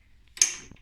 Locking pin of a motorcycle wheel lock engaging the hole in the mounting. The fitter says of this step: There you go. That's locked now.